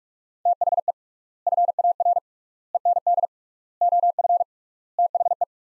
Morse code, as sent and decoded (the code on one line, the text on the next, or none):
- .... . / ..-. .- .-. / . -. -.. / --- ..-. / - .... .
THE FAR END OF THE